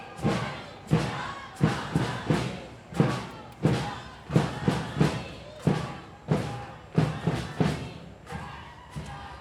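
A crowd at an International Women's Day feminist march chants the Kurdish slogan 'Jin, Jiyan, Azadi' (woman, life, freedom) in unison, loud rhythmic shouts with sharp thumping beats landing roughly every second, a steady repeating cadence of voices and percussive hits.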